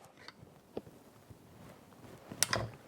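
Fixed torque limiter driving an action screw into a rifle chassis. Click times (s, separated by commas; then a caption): 2.4 s. A fixed precision torque limiter on a ratchet handle with an extended 3/16 bit, held straight up and down, tightens a rifle action screw into a chassis. A few faint ticks and ratcheting sounds lead up to a sharp click at 2.4 s as the clutch slips. This confirms the screw has reached 65 inch-pounds.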